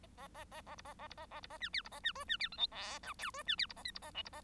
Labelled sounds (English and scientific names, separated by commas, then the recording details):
Bengalese Finch (Lonchura striata domestica) song
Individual Bird1